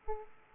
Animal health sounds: mosquito wingbeat signal from an infrared sensor; Aedes aegypti

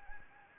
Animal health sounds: mosquito wingbeat signal from an infrared sensor; Anopheles gambiae

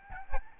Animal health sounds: mosquito wingbeat signal from an infrared sensor; Aedes albopictus

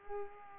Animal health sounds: mosquito wingbeat signal from an infrared sensor; Culex pipiens

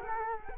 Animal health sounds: mosquito wingbeat signal from an infrared sensor; Culex quinquefasciatus

